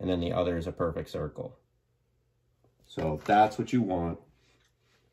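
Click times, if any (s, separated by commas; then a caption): none. A keyed plastic wiring connector is handled near its mating socket on the power supply of a pinball speaker light kit, and someone talks in two bursts with a near-silent gap between them. The connector has not snapped in place yet; nothing has seated or clicked in this clip.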